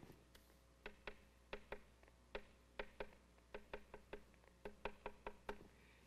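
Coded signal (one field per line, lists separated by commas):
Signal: tap code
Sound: about twenty wooden knocks in uneven groups, like tapping on a wall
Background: quiet room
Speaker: as soon as the guard left and it was clear the first thing that we would hear would be that's G be you in TECO god bless you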